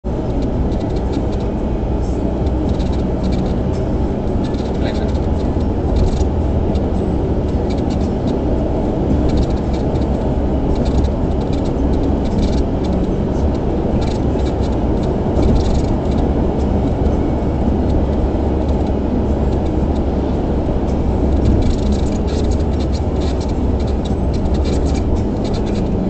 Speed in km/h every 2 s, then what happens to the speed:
88, 90, 93, 93, 94, 95, 96, 98, 100, 99, 98, 96, 91.
0-16 speeds up to 100. 16-26 slows to 91.